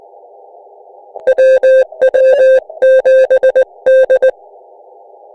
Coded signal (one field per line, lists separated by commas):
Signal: Morse code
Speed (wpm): 19 wpm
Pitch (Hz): 520 Hz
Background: none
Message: WW7D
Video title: Hike and Bike SOTA, A Double Activation